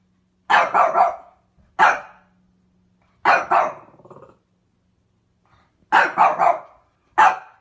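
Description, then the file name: Dog barking in rapid stuttered bursts of two or three woofs mixed with single barks, separated by short silences. Cute dog barking. "Tieng cho sua de thuong dang yeu"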